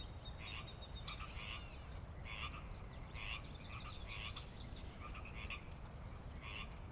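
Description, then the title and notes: Pacific chorus frogs calling in a dense chorus, croaks repeating about every second, over a steady low rumble. Wild chorus on the valley floor of Sinlahekin Valley, Sinlahekin Wildlife Area, Washington, near the Cascades; glacier-carved valley of ranch land and refuge; recorded at dusk. "Sinlahekin Valley dusk. the ever-present Pacific Chorus Frogs that are a fixture of the Northwest Soundscape"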